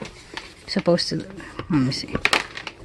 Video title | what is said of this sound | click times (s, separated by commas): Skiphop Jumpscape -- Assembly, Unboxing, and Review-- Folding Jumperoo | I didn't hear it click. Hold on. It's supposed to lock. | none